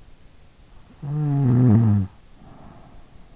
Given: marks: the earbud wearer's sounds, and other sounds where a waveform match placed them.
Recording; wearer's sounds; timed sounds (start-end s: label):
sounds in sleep by an in-ear microphone; snoring breath
0.84-3.34 s: snoring breath